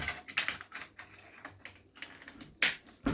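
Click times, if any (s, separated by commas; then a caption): 2.6 s. During reassembly of a Carl Gustafs Swedish Mauser M38 bolt-action rifle, a metal fitting is pressed by hand onto the wooden stock with no screws, since the fittings simply clip on. Light tapping and handling clicks lead up to one loud, sharp metallic snap at 2.6 s as the fitting seats, followed by a softer knock at about 3.1 s.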